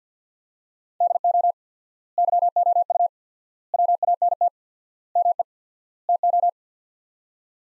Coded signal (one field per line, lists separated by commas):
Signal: Morse code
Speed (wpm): 50 wpm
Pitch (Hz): 700 Hz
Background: none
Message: DO YOU WANT ME TO